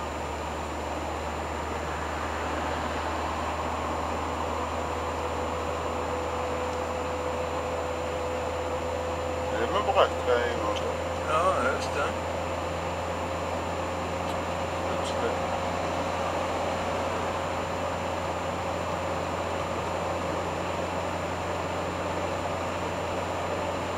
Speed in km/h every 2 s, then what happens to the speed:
54, 55, 57, 57, 58, 60, 60, 61, 62, 62, 62, 63.
0-24 speeds up to 63.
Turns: none.